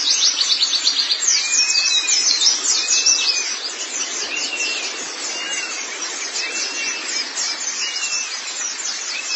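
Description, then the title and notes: White-eye song: dense, very high twittering and fast chirps, with arched whistled notes recurring, loudest early on and continuing throughout. "Kicauan Burung Pleci Durasi Panjang. Suara kicauan burung pleci"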